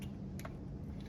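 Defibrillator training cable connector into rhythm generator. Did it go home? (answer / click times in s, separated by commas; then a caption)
yes / 0.4 s. The "training only" section of a defibrillator pads cable is plugged into the rhythm generator. A small click is heard at 0.4 s, followed by a second short tick at about 0.5 s, over a steady low hum. The connector seats in place.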